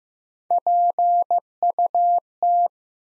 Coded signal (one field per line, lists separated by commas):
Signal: Morse code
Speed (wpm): 15 wpm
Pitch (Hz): 700 Hz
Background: none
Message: PUT